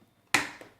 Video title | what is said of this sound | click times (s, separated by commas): Nettoyage de la k8 1ère partie | Vous entendez le bruit, c'est enclenché. | 0.3 s